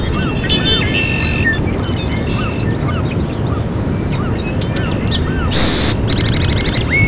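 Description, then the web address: Birds calling, many brief downslurred whistles and twittering notes scattered throughout, a buzzy burst near six seconds and a rising whistle at the end, over constant low rumble. "birds"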